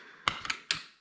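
The pin of a second front swivel wheel is lined up with the hole in a stroller leg and pushed into the socket. A sharp click at 0.3 s and a couple of softer ticks around 0.5 s lead to a final crisp click at 0.7 s as the wheel pin seats in the leg.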